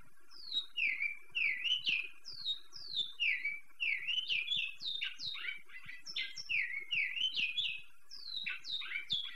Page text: Cantos Claros ( Tinaquillos ) del Centro del Pais ( Venezuela ). Cantos Claros de Pico de Plata Negro ( Oryzoborus Crassirostris ) zona del centro ( Carabobo, Yaracuy, Cojedes, Aragua ). Luis Scovino